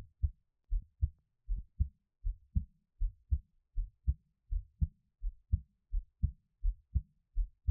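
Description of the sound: Close-up normal heart sounds of an adult heartbeat, with no talking.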